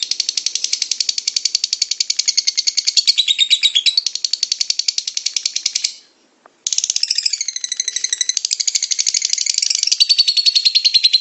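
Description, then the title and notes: Lovebird ngekek song: a fast, shrill, rattling chatter of dense pulses, stopping for about half a second midway, then resuming just as rapid and unbroken. Lovebird ngekek song style, described as among the longest; used as a bait song (kicau pancingan) to prompt other lovebirds to sing. "suara Master Kicau Lovebird ngekek, kicau pancingan"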